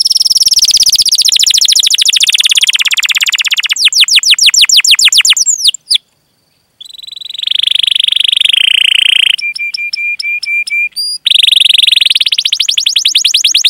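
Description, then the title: Atlantic canary song with long rolling trills, a brief pause, a sustained buzzy phrase, metallic repeated pips, and another fast roll. Canary singing energetically (gacor), with its best song phrasing (cengkok) and a rich fill-in repertoire (isian). "Kenari Gacor Cengkok Terbaik Isian Paling Mewah"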